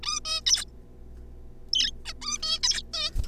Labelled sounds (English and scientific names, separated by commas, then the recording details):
Zebra Finch (Taeniopygia guttata)
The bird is a juvenile
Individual R3549